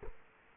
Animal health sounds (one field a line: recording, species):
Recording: mosquito wingbeat signal from an infrared sensor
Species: Culex quinquefasciatus